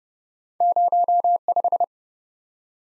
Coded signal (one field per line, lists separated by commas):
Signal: Morse code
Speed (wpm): 38 wpm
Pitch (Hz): 700 Hz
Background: none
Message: 05